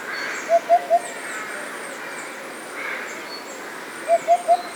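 Eurasian hoopoe song: soft, low hollow hoots in a quick triplet, 'oop-oop-oop', repeated after a pause of about three seconds.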